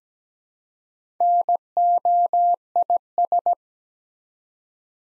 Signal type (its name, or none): Morse code